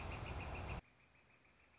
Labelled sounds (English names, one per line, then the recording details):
Northern Flicker
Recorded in Sonoma County, California